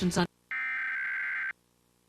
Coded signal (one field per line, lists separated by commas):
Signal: Emergency Alert System (SAME) tones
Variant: header bursts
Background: speech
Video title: National Periodic EAS Test - San Antonio Stations, 8/7/2019